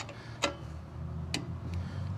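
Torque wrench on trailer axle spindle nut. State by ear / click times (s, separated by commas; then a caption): torque reached / 1.3 s. A click-type torque wrench tightens the spindle nut on a trailer axle hub while the hub is spun, with a low rumble underneath. A sharp tick sounds at 0.4 s, and the wrench clicks at its 25 setting at 1.3 s, confirming the nut is torqued.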